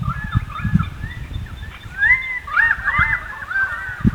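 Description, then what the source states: Currawong calls: several overlapping whistled notes that arch up and down, with a low rumble beneath throughout. More than one currawong.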